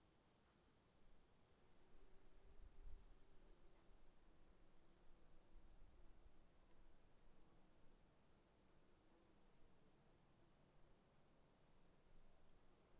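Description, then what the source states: Crickets calling, rapid high pulses in uneven bursts above a constant shrill ringing, with soft low outdoor noise. Crickets recorded in the afternoon.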